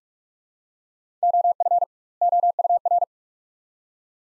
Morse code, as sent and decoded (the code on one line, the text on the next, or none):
--- ..-. / --- ..- .-.
OF OUR